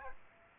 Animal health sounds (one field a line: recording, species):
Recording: mosquito wingbeat signal from an infrared sensor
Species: Aedes aegypti